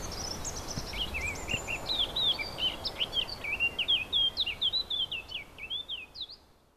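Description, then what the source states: Warbler song: fast, bubbling stream of short sliding whistles, nearly four notes per second, fading away at the end over soft hiss. Recorded 4 May 2011 with an MZ-N710 recorder.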